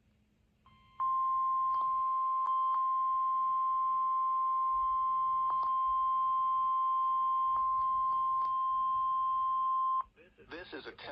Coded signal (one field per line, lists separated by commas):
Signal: Emergency Alert System (SAME) tones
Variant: 1050 Hz attention tone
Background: speech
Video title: NOAA KDO94 EAS Required Weekly Test On Uniden BC365CRS And SDRSharp